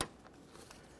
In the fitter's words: we'll listen for a click give it a tug to make sure it's secure